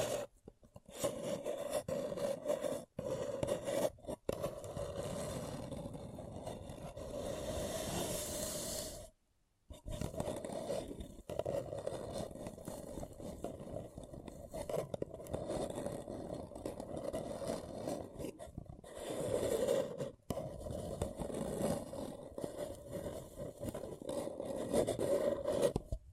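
Paper cup tingles: a steady, dense crinkling and scraping with a hollow ring that hangs around one middle pitch. It briefly turns brighter and hissier just before a full silence at about nine seconds, then resumes with a few short pauses.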